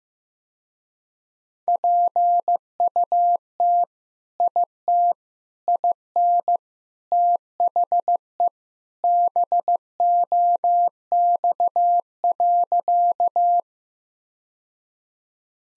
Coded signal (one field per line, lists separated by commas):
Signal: Morse code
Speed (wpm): 15 wpm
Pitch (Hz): 700 Hz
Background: none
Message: PUT IT IN THE BOX.